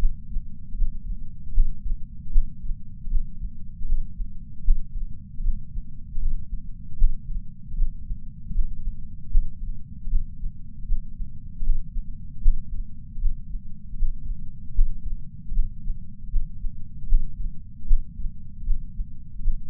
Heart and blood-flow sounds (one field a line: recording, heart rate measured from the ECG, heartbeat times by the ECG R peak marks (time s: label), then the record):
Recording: heart sounds by patch sensor on the chest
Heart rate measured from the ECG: 77 bpm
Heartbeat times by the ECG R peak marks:
0.77 s: heartbeat
1.54 s: heartbeat
2.32 s: heartbeat
3.10 s: heartbeat
3.86 s: heartbeat
4.64 s: heartbeat
5.43 s: heartbeat
6.20 s: heartbeat
6.98 s: heartbeat
7.76 s: heartbeat
8.54 s: heartbeat
9.31 s: heartbeat
10.10 s: heartbeat
10.87 s: heartbeat
11.64 s: heartbeat
12.42 s: heartbeat
13.20 s: heartbeat
13.97 s: heartbeat
14.75 s: heartbeat
15.54 s: heartbeat
16.31 s: heartbeat
17.08 s: heartbeat
17.87 s: heartbeat
18.65 s: heartbeat
19.42 s: heartbeat
From the record:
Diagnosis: coronary artery disease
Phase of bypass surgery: postoperative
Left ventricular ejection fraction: 54.7%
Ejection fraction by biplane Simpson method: 53.9%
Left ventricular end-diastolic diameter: 46 mm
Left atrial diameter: 34 mm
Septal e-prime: 6.6 cm/s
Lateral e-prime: 6.8 cm/s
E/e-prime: 16.6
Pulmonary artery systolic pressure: 36 mmHg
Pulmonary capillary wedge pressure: 11 mmHg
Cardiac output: 4.5 L/min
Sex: male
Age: 74 years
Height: 175 cm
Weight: 66 kg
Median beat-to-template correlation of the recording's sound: 0.84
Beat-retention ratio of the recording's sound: 0.98